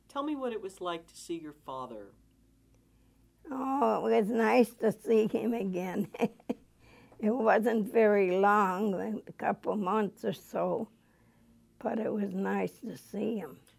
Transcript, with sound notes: Tell me what it was like to see your father?
Oh, it was nice to see him again. (she laughs) It wasn't very long, a couple months or so, but it was nice to see him.